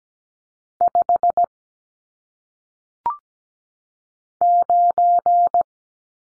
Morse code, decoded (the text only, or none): 5 9